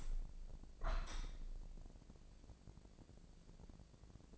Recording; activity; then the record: daily activity, microphone in the room; open window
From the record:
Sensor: 5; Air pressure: 1012.4 hPa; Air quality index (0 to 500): 158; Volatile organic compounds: 2 ppm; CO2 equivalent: 1074 ppm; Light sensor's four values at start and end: 111/267/113/125 and 111/267/113/125